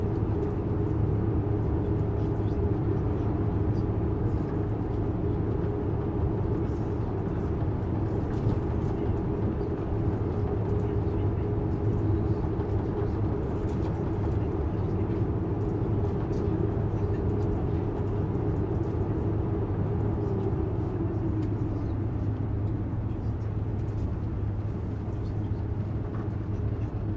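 Airplane engines hum in a steady, unbroken drone with a deep low rumble and a midrange tone layered over it. Loudness holds even throughout, with a faint hiss above. Around twenty seconds the midrange tone dips slightly in pitch, then settles.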